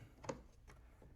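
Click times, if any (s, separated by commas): none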